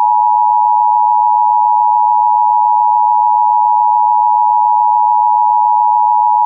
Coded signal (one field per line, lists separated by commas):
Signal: Emergency Alert System (SAME) tones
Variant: 853 and 960 Hz attention tone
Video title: EAS Madness #eas Tornado Warning for Iowa